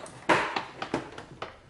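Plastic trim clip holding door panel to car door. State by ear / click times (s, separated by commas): released / 0.3 s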